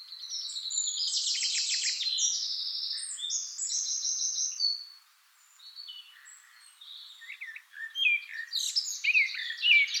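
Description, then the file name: Eurasian blackcap song: a long stretch of fast buzzy twittering, a short gap, then sharper whistled notes building toward a louder flourish. "Sylvia atricapilla"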